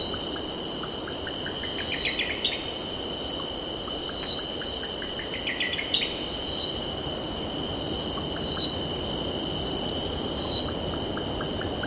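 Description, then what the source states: A shrill cicada chorus drones steadily, with a shimmering pulse in its highest tones. A calling bird adds sparse notes and two quick ascending note series, while soft surf sounds underneath. Cicadas stridulating, with birds calling and distant ocean in the background.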